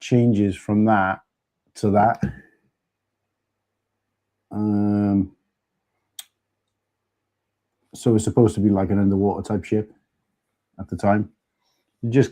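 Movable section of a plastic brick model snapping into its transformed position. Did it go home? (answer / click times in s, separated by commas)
yes / 6.2 s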